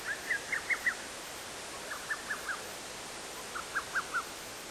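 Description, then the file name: Little cuckoo song: three short bursts of four or five quick, slurred notes, spaced nearly two seconds apart, against constant background hiss. "little cuckoo"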